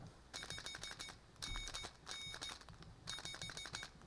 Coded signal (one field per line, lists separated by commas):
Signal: Morse code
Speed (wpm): 15 wpm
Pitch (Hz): 2250 Hz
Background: none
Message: 5NN 5